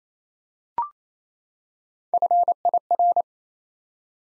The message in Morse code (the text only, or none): FIR